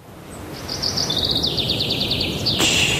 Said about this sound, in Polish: Spłoszysz ptaszki. Śpiewają w Muzeum Narodowym w Warszawie na wystawie Józef Chełmoński.